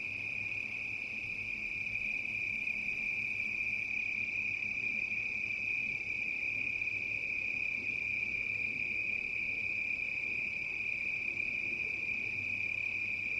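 Cricket giving a continuous shrill trill at an even high pitch, unbroken from start to finish over a soft low background rumble.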